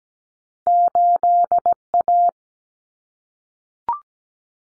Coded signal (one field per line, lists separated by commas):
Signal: Morse code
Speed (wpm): 17 wpm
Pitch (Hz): 700 Hz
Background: none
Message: 8A